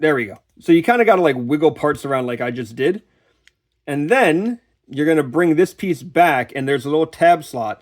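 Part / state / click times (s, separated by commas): plastic tab of a figure part into a slot on the figure body / not seated / none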